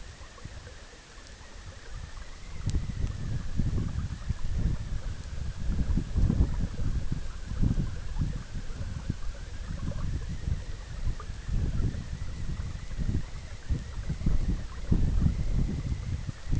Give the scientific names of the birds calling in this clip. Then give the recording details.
none. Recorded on Arctic tundra, site EABA-MC, on 20 June 2019. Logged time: 14:00